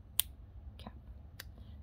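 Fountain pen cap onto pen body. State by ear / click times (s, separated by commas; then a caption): seated / 0.2 s. The snap-on cap of a vintage Montblanc 221 14C fine piston-filler fountain pen is pushed onto the pen body and snaps home with a sharp, bright click at 0.2 s, seating the cap. Fainter small clicks follow at about 0.8, 0.9 and 1.4 s over a low background hum.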